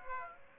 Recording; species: mosquito wingbeat signal from an infrared sensor; Aedes aegypti